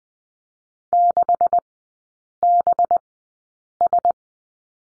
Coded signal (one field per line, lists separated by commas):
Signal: Morse code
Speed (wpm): 20 wpm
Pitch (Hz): 700 Hz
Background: none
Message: 6BS